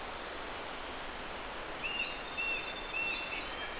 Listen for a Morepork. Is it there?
no